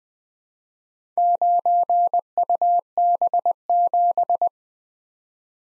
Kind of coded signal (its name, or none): Morse code